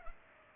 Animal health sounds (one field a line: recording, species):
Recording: mosquito wingbeat signal from an infrared sensor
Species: Culex pipiens